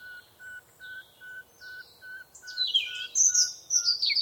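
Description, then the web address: Birds singing: a steady short note repeated over and over, joined by a bright, rapid warbling song that grows louder toward the end. Birdsong on a summer morning. "Tom Hutchings Birdsong Summer Morning"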